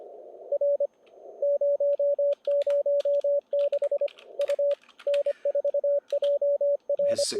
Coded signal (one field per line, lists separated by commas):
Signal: Morse code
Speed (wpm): 33 wpm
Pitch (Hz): 560 Hz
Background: speech, radio noise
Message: R 006 U N4JR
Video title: NG7M 2020 ARRL Sweepstakes CW Live Operating (Posted October 2021)